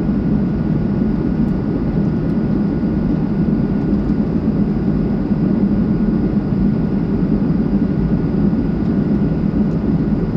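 An airplane sits waiting for departure, its low rumbling roar steady and dense from start to finish with no rise or fall. A thin, constant whine runs above the rumble, and a few faint ticks appear near the beginning.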